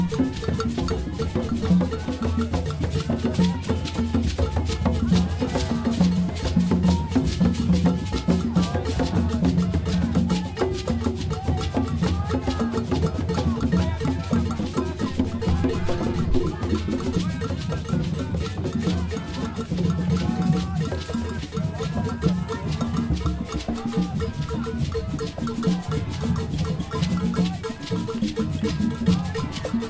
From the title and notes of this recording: Walking around a drum circle. Walk around a large drum circle in San Francisco, California at the annual Day of the Dead festival, also known as Dia de los Muertos, at night. Recorded using cross-cutting stereo microphones for enhanced stereophonic effect, accentuated by walking around the circle where you can hear different instruments accented, and even the crowd and conversations.